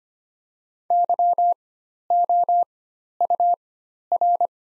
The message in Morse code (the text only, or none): YOUR